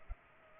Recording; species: mosquito wingbeat signal from an infrared sensor; Culex pipiens